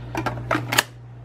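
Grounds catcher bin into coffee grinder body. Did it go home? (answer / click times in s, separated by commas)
yes / 0.7 s, 0.8 s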